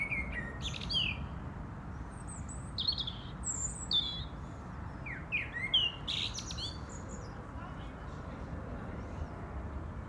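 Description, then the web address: European robin song of short, varied high twittering phrases with pauses between them, over faint low background rumble. "rotkehlchen"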